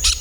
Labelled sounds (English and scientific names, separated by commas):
Brown-throated Parakeet (Eupsittula pertinax) contact call